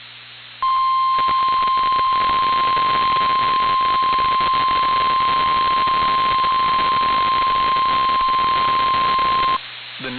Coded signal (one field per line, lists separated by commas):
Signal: Emergency Alert System (SAME) tones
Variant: 1050 Hz attention tone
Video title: EAS: Severe Thunderstorm Watch on KWN52 in Lobelville, TN (09/05/25)